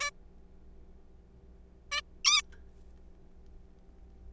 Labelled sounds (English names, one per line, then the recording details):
Zebra Finch
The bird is a juvenile
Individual R3428